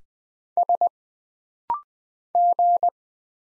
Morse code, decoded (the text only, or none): S G